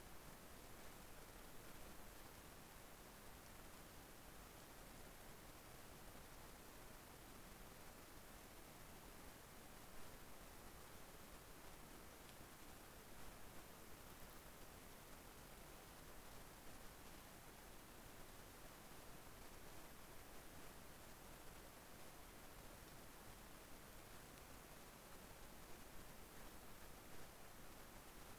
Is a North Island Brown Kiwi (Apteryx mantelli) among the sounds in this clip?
no